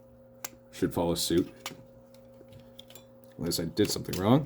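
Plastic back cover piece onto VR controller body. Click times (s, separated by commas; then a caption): 0.4 s. A plastic back cover piece of an Oculus Rift S VR controller, being reassembled for a joystick drift fix, resists going in and is jimmied onto the controller body. A single sharp snap at 0.5 s shows it seating into place. Someone talks afterward over a steady low hum.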